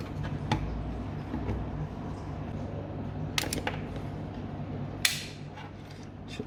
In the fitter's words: should hear it click back together